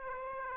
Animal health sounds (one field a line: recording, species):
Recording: mosquito wingbeat signal from an infrared sensor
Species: Aedes aegypti